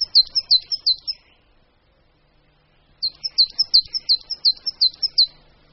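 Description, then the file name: Coal tit song: a short burst of high, bouncy repeated two-note phrases, a pause of about two seconds, then a longer matching burst. "Sýkora-uhelníček"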